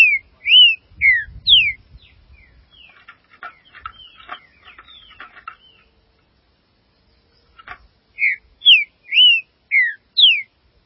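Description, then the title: Green-winged saltator song, clear whistled notes that swoop up and down in phrases of four or five, separated by soft clicking and a short pause. "Trinca Ferro"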